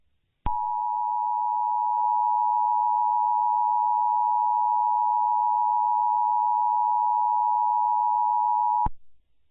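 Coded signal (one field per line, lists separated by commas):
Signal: Emergency Alert System (SAME) tones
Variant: 853 and 960 Hz attention tone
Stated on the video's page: Simulated EAS scenario, not a real broadcast, may contain valid tones.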